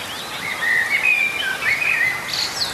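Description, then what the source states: Common Blackbird song: mellow, warbled whistled phrases that rise and fall, with a higher twittering flourish at the end over a steady background hiss. Spring night just before 4 am, 3 May 2020, at flooded fields in Lohja, Finland; blackbird joining the dawn chorus close to the microphone.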